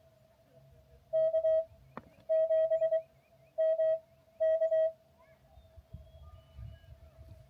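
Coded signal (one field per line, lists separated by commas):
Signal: Morse code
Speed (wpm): 22 wpm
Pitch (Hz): 1900 Hz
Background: none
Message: K7MK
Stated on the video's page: Parks on the Air activation at US-4463, San Bernardino National Forest, in the mountains.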